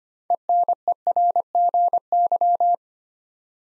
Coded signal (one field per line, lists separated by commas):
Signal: Morse code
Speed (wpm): 25 wpm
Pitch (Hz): 700 Hz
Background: none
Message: ENERGY